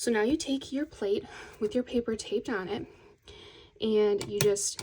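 Someone talks while handling a Spellbinders BetterPress letterpress plate with paper taped on it, bringing it toward the press base, with a brief faint handling sound around 3.3 s. The plate has not yet clicked or seated onto the base.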